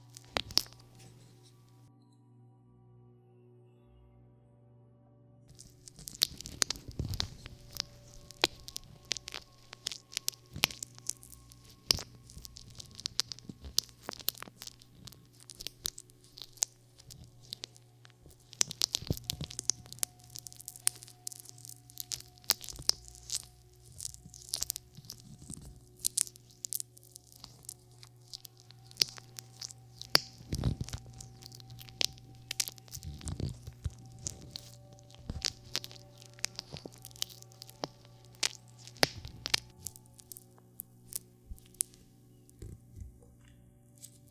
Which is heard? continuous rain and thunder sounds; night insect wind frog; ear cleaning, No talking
ear cleaning, No talking